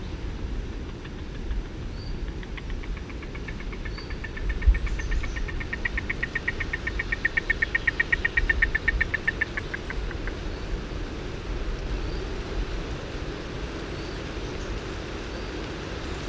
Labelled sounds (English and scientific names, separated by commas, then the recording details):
European Honey Buzzard (Pernis apivorus) call
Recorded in the wild
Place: Babadag, Dobrogea, RO
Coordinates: 44.695, 28.434
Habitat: Forest
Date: 1976-06-01
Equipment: Nagra III BH, Sennheiser MD 21, parabola
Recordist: Schubert, Michael